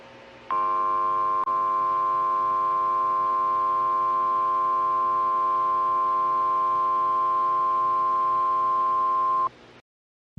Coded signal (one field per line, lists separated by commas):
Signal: Emergency Alert System (SAME) tones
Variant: 1050 Hz attention tone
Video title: The 2034 Columbus riots. EAS Scenario￼